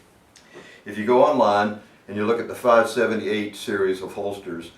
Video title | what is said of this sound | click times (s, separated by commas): GLS IWB Holster | and simply push down on the slide until it clicks in place | 0.4 s